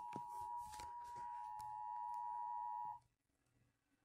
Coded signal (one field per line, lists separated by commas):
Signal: Emergency Alert System (SAME) tones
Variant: 853 and 960 Hz attention tone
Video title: MOTHER'S DAY... EAS Alerts From 5/12/24 - 5/13/24 (EAS#1,059 - #1,093)